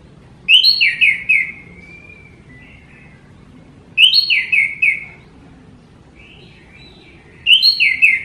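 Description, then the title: Orange-headed thrush song phrases of tumbling whistled notes ending in a softer drawn-out whistle, repeated roughly every three and a half seconds. Thrush singing vigorously and continuously, described as 'gacor teler'. "Suara Burung Anis Merah Gacor Teler"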